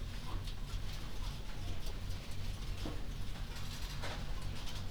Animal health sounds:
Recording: poultry house recording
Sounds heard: healthy chickens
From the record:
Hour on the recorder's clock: 21

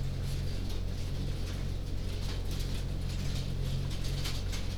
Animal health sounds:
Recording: poultry house recording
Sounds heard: no chicken sound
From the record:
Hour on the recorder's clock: 21

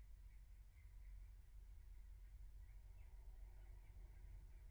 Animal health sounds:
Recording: poultry house recording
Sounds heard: no chicken sound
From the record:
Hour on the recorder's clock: 15

